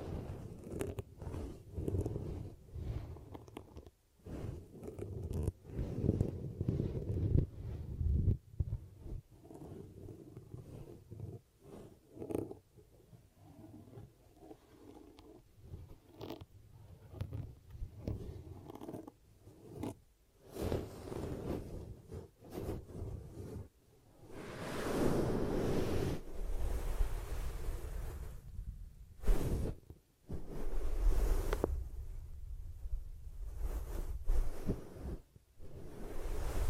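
Ear cupping triggers: muffled low rustling and soft thuds in irregular bursts, with a louder hollow swell around 25 seconds and brief sharp pauses.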